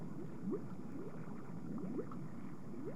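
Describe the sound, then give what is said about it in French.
Thick bubbling lava gurgles and pops in irregular bursts over a steady low rumble inside a volcano with rivers of lava and molten rock, each blip rising briefly in pitch; no voices. “Krilin se trouve au beau milieu d'un volcan d'où sortent des rivières de lave et de roches en fusion.”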